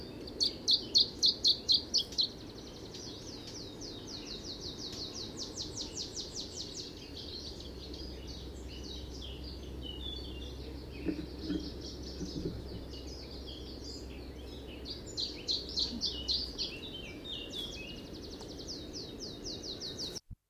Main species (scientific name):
Phylloscopus canariensis